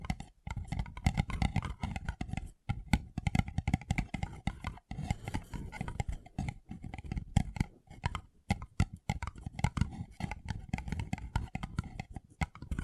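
Paper cup tingles: dense, fast crinkling and scratching on a paper cup, with crisp ticks layered over a soft low rustle. The handling runs almost continuously, broken by a few brief silences near 0.5, 2.5, 5 and 8.5 seconds.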